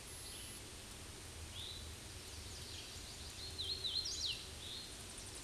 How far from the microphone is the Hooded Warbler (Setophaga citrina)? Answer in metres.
about 55 m